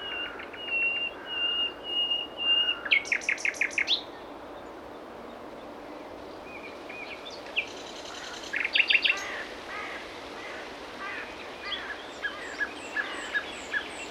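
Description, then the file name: Common nightingale singing varied phrases: a held whistle, rapid rattles and clicking runs with pauses between. "Luscinia megarhynchos"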